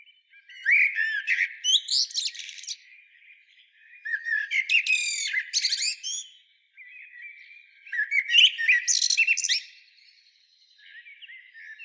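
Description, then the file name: Common blackbird: three phrases of twittering high notes over a warbled lower line, each fading into soft, quieter warbling. "Turdus merula"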